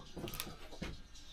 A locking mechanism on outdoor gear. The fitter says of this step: It's locked.